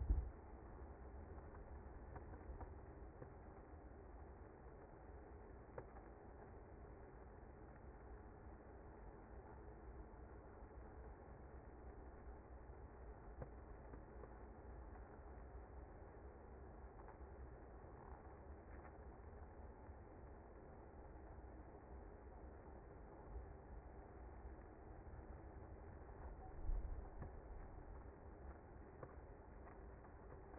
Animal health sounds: honeybee colony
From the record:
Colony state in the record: active

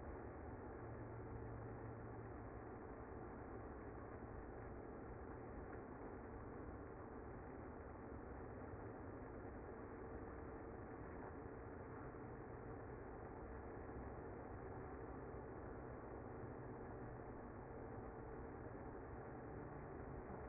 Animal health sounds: honeybee colony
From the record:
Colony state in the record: active

